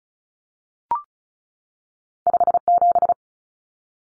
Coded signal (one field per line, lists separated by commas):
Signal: Morse code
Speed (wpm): 36 wpm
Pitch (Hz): 700 Hz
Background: none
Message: 57